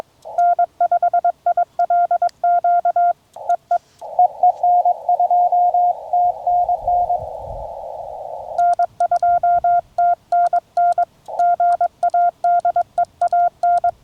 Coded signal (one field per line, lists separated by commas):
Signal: Morse code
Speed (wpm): 22 wpm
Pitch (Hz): 700 Hz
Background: none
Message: N5ILQ EE EE N2TNN N2TNN GA DEAN